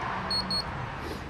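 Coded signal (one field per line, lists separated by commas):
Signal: beep code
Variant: geophysics data logger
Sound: two quick high-pitched electronic beeps in a row, then background noise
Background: outdoor background noise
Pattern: 2 short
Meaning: End of the row reached; move down to the next position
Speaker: it's telling you at the end of that row and to move down again on y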